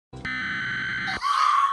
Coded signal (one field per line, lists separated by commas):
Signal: Emergency Alert System (SAME) tones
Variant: header bursts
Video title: European SCARED In Reaction To: Emergency Alert Systems (EAS) are Scary 🚨❗️🆘